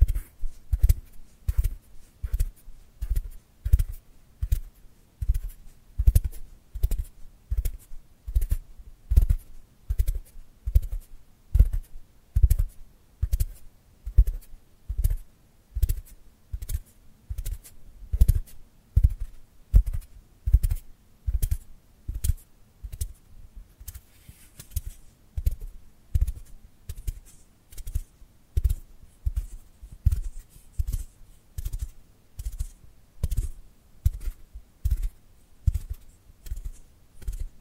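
Dry hand sounds, a steady stream of short dry taps or claps coming roughly twice a second for the whole stretch. Each hit is quick and mostly low and thumpy with a brief crisp top, a bit like typing or scissors snipping. Nothing else plays underneath.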